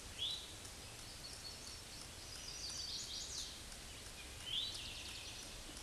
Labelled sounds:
Chestnut-sided Warbler song
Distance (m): 35 m
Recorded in a Pennsylvania forest on 18 May 2023 at 06:23
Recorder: AudioMoth, point grid1_24_low
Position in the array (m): 120 m, 210 m

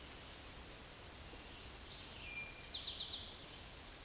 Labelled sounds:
Eastern Towhee song
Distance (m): 40 m
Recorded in a Pennsylvania forest on 17 May 2023 at 13:13
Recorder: AudioMoth, point grid1_7_low
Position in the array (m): 119 m, 84 m

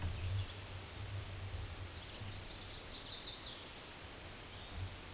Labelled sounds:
Chestnut-sided Warbler song
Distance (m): 30 m
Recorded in a Pennsylvania forest on 17 May 2023 at 13:53
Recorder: AudioMoth, point grid1_30_low
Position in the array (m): 189 m, 42 m

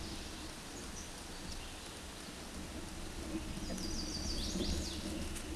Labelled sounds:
Chestnut-sided Warbler song
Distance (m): 35 m
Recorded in a Pennsylvania forest on 17 May 2023 at 11:48
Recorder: AudioMoth, point grid1_24_low
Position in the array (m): 111 m, 217 m

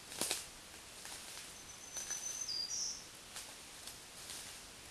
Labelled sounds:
Black-throated Green Warbler song
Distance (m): 20 m
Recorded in a Pennsylvania forest on 1 June 2023 at 08:50
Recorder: AudioMoth, point grid3_31_high
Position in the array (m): 124 m, 100 m

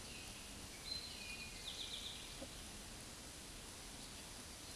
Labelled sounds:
Eastern Towhee song
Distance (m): 60 m
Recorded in a Pennsylvania forest on 17 May 2023 at 13:25
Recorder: AudioMoth, point grid1_7_low
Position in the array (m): 112 m, 104 m

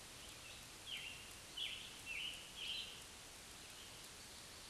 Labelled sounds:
Scarlet Tanager song
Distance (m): 60 m
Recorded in a Pennsylvania forest on 1 June 2023 at 08:08
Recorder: AudioMoth, point grid3_36_low
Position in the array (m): 166 m, 141 m

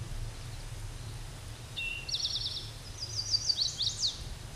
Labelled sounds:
Eastern Towhee song
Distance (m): 20 m
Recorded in a Pennsylvania forest on 17 May 2023 at 12:12
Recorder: AudioMoth, point grid1_19_low
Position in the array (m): 115 m, 214 m

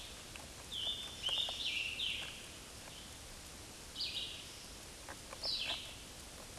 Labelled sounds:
Scarlet Tanager song
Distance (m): 35 m
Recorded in a Pennsylvania forest on 19 May 2023 at 11:02
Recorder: AudioMoth, point grid1_1_low
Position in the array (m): 189 m, 35 m

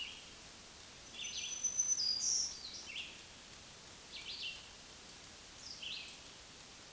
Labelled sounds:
Black-throated Green Warbler song
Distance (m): 10 m
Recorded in a Pennsylvania forest on 1 June 2023 at 06:11
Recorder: AudioMoth, point grid3_16_high
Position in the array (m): 242 m, 132 m

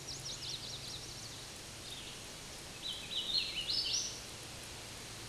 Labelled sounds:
Hooded Warbler song
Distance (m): 20 m
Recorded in a Pennsylvania forest on 18 May 2023 at 10:57
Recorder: AudioMoth, point grid1_16_low
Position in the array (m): 236 m, 148 m

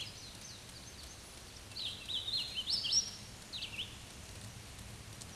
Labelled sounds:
Hooded Warbler song
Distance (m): 20 m
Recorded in a Pennsylvania forest on 18 May 2023 at 13:58
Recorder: AudioMoth, point grid1_35_low
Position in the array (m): 156 m, 159 m

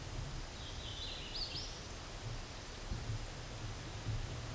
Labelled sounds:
Hooded Warbler song
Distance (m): 50 m
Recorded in a Pennsylvania forest on 17 May 2023 at 12:42
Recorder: AudioMoth, point grid1_19_low
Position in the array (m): 53 m, 189 m

